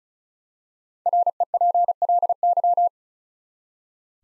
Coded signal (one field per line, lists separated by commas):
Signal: Morse code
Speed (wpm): 36 wpm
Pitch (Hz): 700 Hz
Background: none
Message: REPLY